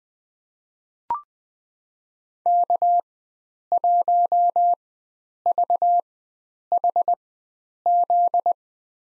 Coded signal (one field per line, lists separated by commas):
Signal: Morse code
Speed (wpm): 21 wpm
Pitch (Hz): 700 Hz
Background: none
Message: K1VHZ